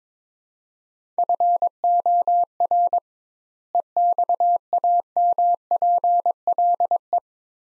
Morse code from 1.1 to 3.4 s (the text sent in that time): FOR